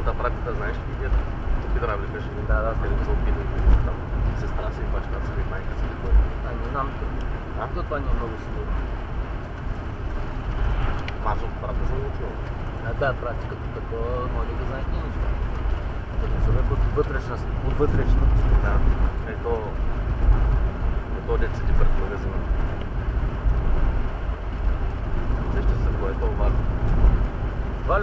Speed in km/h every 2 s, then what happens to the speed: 75, 76, 76, 77, 77, 75, 76, 76, 76, 72, 72, 72, 72, 73.
0-28 steady at about 75.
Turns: none.